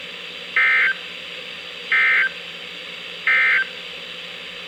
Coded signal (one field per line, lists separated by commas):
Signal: Emergency Alert System (SAME) tones